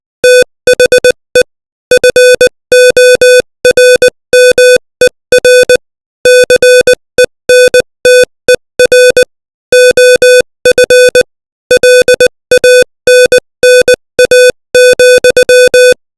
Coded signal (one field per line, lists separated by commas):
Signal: Morse code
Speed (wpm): 20 wpm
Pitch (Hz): 500 Hz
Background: music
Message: THE FORMER CENTER OF LANNA,